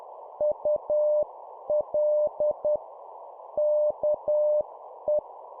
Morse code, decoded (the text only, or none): UL KE